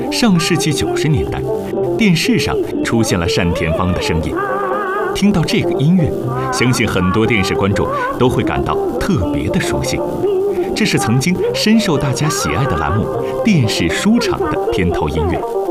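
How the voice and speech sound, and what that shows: An adult man narrates in Mandarin with fluent, steady delivery and clear articulation, spoken over continuous instrumental theme music. The voice is ordinary and well projected, with no hoarseness, breathiness, slurring or dysfluency.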